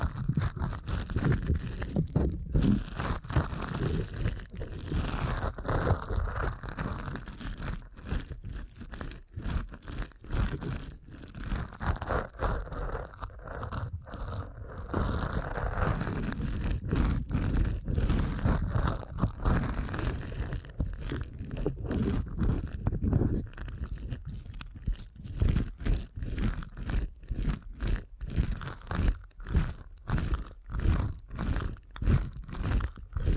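Deep ear canal massage: dense, continuous rubbing and crinkling with a strong low rumble throughout. Fast, irregular scratchy strokes run the whole 33 seconds, turning into sharper, more separated crackling taps in the final third.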